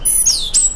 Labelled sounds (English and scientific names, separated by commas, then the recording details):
Stitchbird (Notiomystis cincta) song
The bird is a male
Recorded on Tiritiri Matangi Island, New Zealand, in 2005
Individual 1, of nest box 1